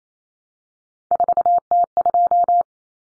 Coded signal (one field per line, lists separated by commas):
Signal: Morse code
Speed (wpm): 28 wpm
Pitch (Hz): 700 Hz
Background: none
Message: 4T2